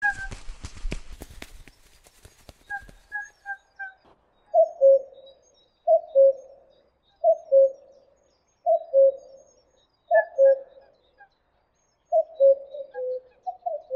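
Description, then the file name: Common cuckoo calling its low two-note cu-coo, repeated about every one and a half seconds, after a burst of clicking and rustling; another bird adds brief higher notes. "Kuckuck"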